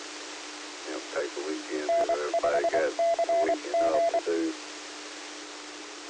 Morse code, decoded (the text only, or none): N5CG